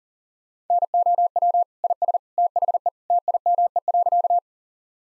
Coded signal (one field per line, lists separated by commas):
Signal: Morse code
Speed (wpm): 40 wpm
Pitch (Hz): 700 Hz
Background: none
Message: NOW IS THE TIME.